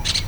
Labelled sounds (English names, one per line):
Brown-throated Parakeet contact call